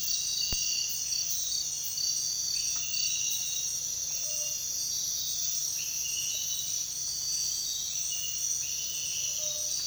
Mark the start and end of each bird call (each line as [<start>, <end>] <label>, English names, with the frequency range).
[8.99, 9.74] Cinereous Tinamou (0.1-1.3 kHz)